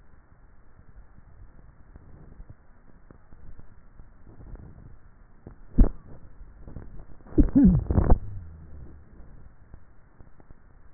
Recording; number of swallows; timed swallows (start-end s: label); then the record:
swallowing sounds by neck microphone; 1
3.35-4.55 s: swallow
From the record:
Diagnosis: dysphagia